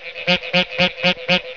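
Mexican treefrog calling: a series of five harsh, nasal honking notes, evenly repeated about four times per second, with faint background hiss.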